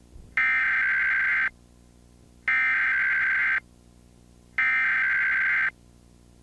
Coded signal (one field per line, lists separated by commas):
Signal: Emergency Alert System (SAME) tones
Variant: header bursts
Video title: Comcast Emergency Alert System - Law Enforcement Warning (January 4, 2024; 11:37pm)